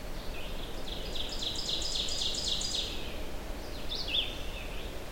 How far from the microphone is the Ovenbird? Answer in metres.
about 35 m